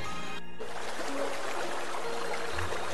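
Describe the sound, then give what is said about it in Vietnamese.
Water dripping and trickling in a steady, continuous wash of splashy noise, with no voices and a brief break near the start. “Tai Địch Dân nghe thấy tiếng nước tí tách, trên mặt có cái gì lạnh ngắt đang nhỏ xuống, đau đau, rồi cảm thấy lạnh, không có một chút sức lực nào.”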